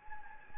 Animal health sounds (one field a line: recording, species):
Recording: mosquito wingbeat signal from an infrared sensor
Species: Anopheles gambiae